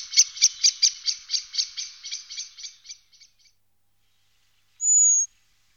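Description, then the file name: Common blackbird giving a rapid series of harsh notes that fades away, followed by one thin, high, drawn-out whistle. "turdus merula"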